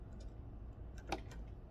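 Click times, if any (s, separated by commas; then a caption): 1.1 s. Bobbin thread is pulled through the crease and under the tension spring of a sewing machine bobbin case. A sharp click at 1.1 s stands out between fainter ticks at 1.0 s and 1.3 s over a low steady background hum. The thread is seated under the tension spring.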